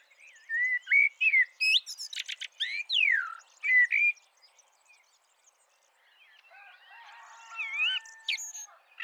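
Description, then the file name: Eurasian blackbird singing: mellow whistled notes mixed with sharp high squeaks and downslurs in quick succession, a pause, then softer warbling and a high twitter near the end. "Turdus merula"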